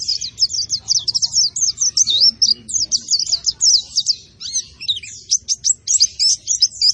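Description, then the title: White-eye singing a fast, continuous twittering stream of high, sharp chirps and slurred notes, barely pausing. Described as a vigorous singer without doping, fed only banana. "Pleci Gacor Tanpa Doping Hanya Pake Pisang"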